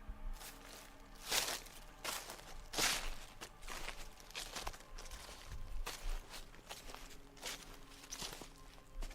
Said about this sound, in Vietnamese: Lại có tiếng bước chân sột soạt ở trong bụi cỏ bên kia.